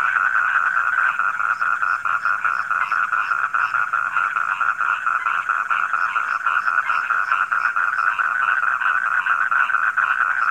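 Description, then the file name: Frogs croaking in a thick, rasping chorus of fast pulses, steady in pitch, with soft higher peeps now and then. Frogs calling at night. "suara kodok di malam hari"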